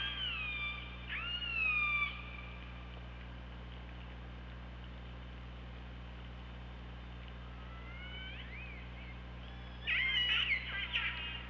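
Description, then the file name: Killer whale calls: a loud harmonic cry opening, a fainter rising call later, then a burst of jumbled squeals, with steady low hum throughout. Recorded by OrcaLab hydrophone on 24 August 2017 at 15:23:08. "Orca Lab UTLN JASON 20170824 152308"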